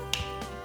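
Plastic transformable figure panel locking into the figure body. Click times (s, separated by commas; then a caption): 0.1 s. A panel on a plastic Transformers Studio Series '86 Deluxe Autobot Blurr figure is swung all the way back during transformation until it locks into the figure body. A single sharp click at 0.1 s rises over steady background music. The part clicks into place and is seated.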